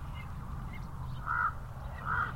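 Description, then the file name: Common raven giving two loud, hoarse croaks about a second apart over low background rumble. Ravens at Elizabeth Lake, with passing cars audible. "Elizabeth Lake 1 Ravens And Cars"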